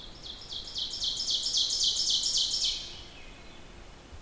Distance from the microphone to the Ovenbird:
about 20 m